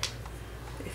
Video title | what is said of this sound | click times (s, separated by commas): How to repair a Leap Frog 2-in-1 LeapTop Touch Tablet | it'll hopefully just snap right in if | 0.0 s